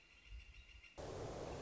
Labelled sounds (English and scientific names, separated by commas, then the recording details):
Northern Flicker (Colaptes auratus)
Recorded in Sonoma County, California